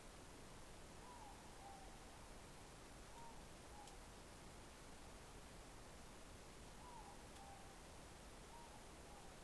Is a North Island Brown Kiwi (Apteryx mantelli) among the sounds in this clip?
no